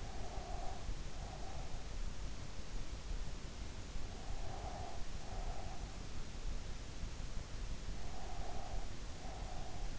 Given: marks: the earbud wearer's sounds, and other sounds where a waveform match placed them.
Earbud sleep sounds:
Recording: sounds in sleep by an in-ear microphone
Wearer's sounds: breath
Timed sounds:
0.00-1.80 s: breath
4.31-5.84 s: breath
8.16-9.93 s: breath

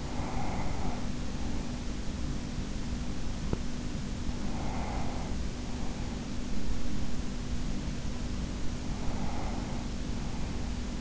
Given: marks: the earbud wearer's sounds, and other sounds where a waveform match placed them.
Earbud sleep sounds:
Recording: sounds in sleep by an in-ear microphone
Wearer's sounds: breath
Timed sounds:
0.00-2.26 s: breath
4.17-6.59 s: breath
8.43-11.01 s: breath

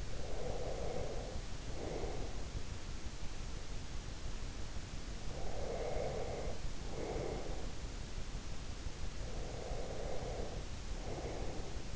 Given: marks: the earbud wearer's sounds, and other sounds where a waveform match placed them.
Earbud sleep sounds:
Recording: sounds in sleep by an in-ear microphone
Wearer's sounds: breath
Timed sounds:
0.00-2.48 s: breath
5.28-7.71 s: breath
9.28-11.96 s: breath

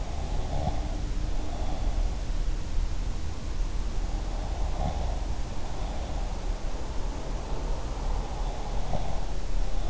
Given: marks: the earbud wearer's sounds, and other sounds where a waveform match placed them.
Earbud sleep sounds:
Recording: sounds in sleep by an in-ear microphone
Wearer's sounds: breath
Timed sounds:
0.00-2.24 s: breath

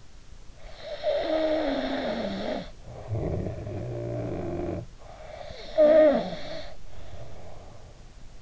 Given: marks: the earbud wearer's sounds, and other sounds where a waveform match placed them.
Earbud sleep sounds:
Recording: sounds in sleep by an in-ear microphone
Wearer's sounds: snoring breath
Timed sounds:
0.73-4.90 s: snoring breath
5.16-8.42 s: snoring breath

